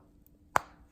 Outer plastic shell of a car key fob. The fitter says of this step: You'll hear it snap